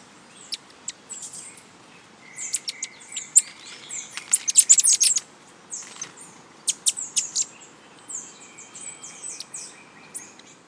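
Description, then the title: Bird song of sharp high chirps and clicks, busiest around four to five seconds, with a long thin whistled note held steady near the middle and another late on, over a soft hiss. "LuckyPassaro Completos2Sama"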